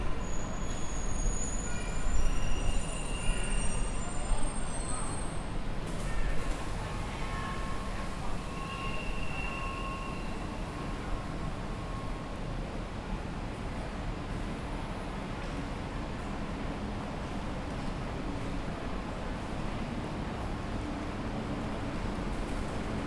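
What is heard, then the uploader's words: Steady low rumble of traffic and crowd murmur fills an airport's lower entrance, slightly louder in the first six seconds. Thin high whines sound early on, and a brief mid-pitched tone rises around ten seconds, while the busy background continues evenly throughout. Charlotte Douglas International Airport Lower Entrance. Featuring the hum of idling buses, people getting picked up and dropped off, and passersby.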